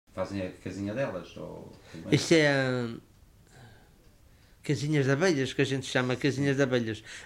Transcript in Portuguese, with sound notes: Fazem a casinha delas, ou também?…
Isso é [pausa] casinhas de abelhas, que a gente chama casinhas de abelhas.